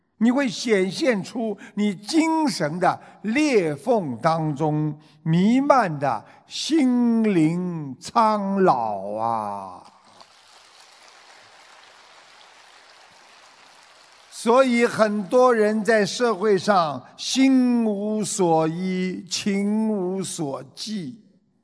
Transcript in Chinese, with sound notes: 你会显现出你精神的裂缝当中弥漫的心灵苍老。（掌声）
很多人在社会上心无所依、情无所寄